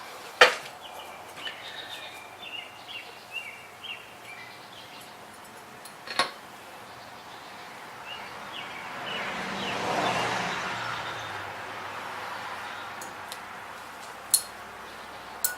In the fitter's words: but they'll all snap into place and you shouldn't be able to see them along the top.